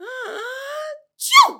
Female sneeze.